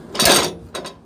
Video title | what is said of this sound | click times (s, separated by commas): 2021 Puma 16BHX (0727) | snap right into the door frame here if you need to adjust the legs you can lift up on them | 0.8 s